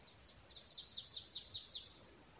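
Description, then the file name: Marsh tit call: a quick burst of about ten high, sharply descending notes, all run together in just over a second, over a soft background hiss. "Poecile palustris"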